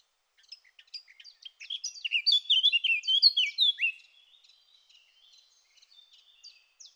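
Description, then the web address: Eurasian blackcap song: soft chattering notes build into a loud, rapid, fluty warble, then quiet scratchy notes follow. "SETE data Sylvia atricapilla"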